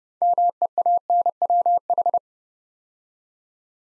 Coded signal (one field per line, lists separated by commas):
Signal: Morse code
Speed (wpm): 29 wpm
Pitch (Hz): 700 Hz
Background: none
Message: MEANWH